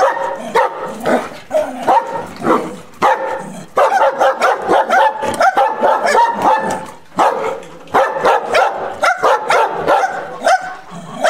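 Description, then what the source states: Dog letting out long bursts of fast, loud barking, broken by a few short pauses. Large dog, barking angrily.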